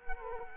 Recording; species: mosquito wingbeat signal from an infrared sensor; Culex quinquefasciatus